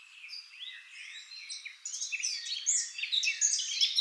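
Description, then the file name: Eurasian blackcap song, a quiet rambling warble with gliding notes that swells after two seconds into louder, brighter fluty phrases. "Sylvia atricapilla"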